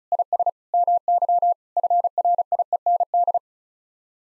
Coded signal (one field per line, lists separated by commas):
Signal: Morse code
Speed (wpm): 36 wpm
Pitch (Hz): 700 Hz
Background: none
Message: IS MY FRIEND